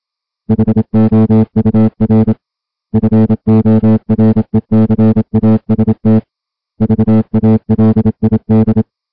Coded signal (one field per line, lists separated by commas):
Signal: Morse code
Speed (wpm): 27 wpm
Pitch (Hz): 220 Hz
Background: music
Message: HOUR FORECAST VALID